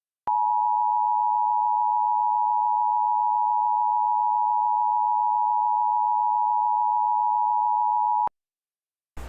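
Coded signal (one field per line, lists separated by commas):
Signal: Emergency Alert System (SAME) tones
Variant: 853 and 960 Hz attention tone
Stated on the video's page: Reenactment of a flood scenario with valid tones, made with EAS simulator software and text-to-speech.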